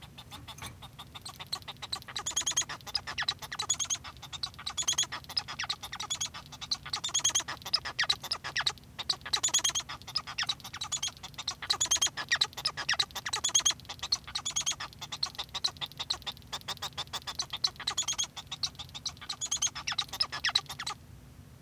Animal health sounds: song of a male Bengalese finch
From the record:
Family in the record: son of father 1

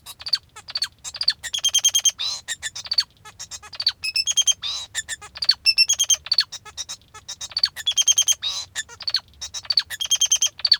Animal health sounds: song of a male Bengalese finch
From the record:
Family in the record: father 2

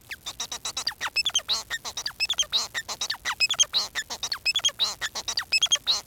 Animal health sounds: song of a male Bengalese finch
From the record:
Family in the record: son of father 4

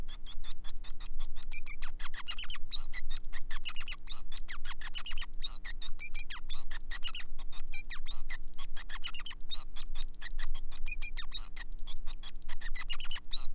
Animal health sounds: song of a male Bengalese finch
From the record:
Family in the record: son of father 5

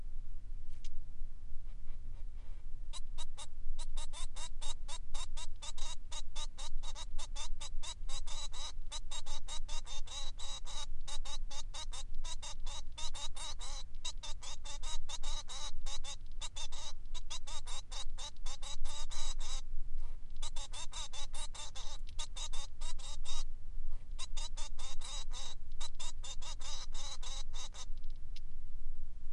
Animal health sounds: song of a male Bengalese finch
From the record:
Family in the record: son of father 3

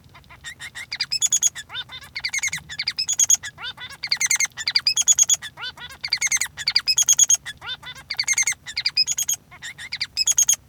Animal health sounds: song of a male Bengalese finch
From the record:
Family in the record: son of father 3

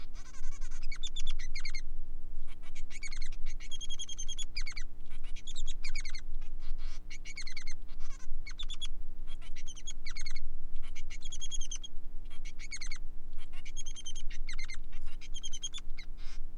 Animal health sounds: song of a male Bengalese finch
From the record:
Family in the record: son of father 3

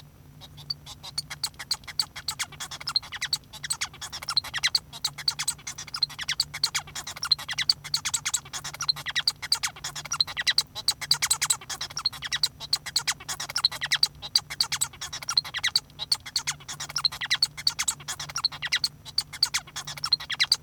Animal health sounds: song of a male Bengalese finch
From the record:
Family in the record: son of father 1

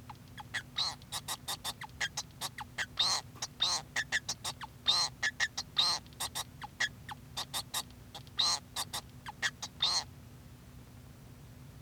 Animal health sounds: song of a male Bengalese finch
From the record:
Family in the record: son of father 2

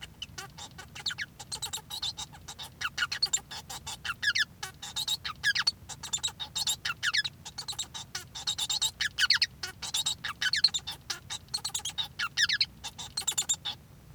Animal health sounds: song of a male Bengalese finch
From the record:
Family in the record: son of father 1

